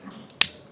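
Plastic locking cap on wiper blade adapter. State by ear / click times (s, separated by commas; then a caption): seated / 0.4 s. The plastic locking cap on the adapter of a Michelin High Performance frameless wiper blade, fitted to a Ford EcoSport, is closed after the blade has been attached. After a faint tick at 0.3 s, it snaps shut with one sharp, bright click at 0.4 s. The cap is seated and locked.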